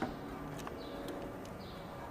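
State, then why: Released. While removing the door panel of a Toyota LandCruiser 200 Series / Lexus 570 to fit a towing mirror, a thumb presses the release tab on a plastic door-wiring electrical connector in its mating plug. Sharp clicks are heard at 0.0 s and 0.7 s over a steady background hiss. The connector unlatches and is released.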